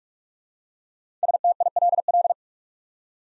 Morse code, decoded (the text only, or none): STILL